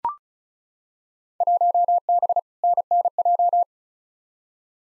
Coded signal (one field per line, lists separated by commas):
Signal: Morse code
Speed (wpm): 36 wpm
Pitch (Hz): 700 Hz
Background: none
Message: 1B NNJ